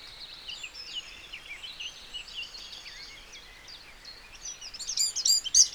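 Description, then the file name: Eurasian wren song: thin, high twittering notes that burst into a louder, rapid run of sharp notes at the end. "Troglodytes troglodytes"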